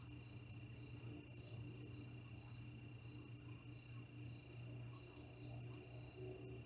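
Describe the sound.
Cricket chirping: short high pulses repeated roughly once a second over a steady high trill, with a constant low hum underneath.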